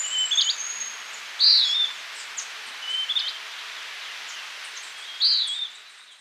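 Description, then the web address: Western wood-pewee calls: short, burry high notes that slur downward, two loud ones about four seconds apart, with softer notes before and between them over a steady background hiss. Recorded in Ecuador. "S America Birds of Ecuador. Western Wood-Pewee"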